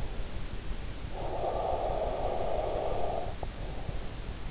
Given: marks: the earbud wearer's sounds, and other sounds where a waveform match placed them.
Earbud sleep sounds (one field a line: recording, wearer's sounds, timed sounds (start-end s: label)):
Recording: sounds in sleep by an in-ear microphone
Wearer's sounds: breath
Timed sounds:
0.87-3.80 s: breath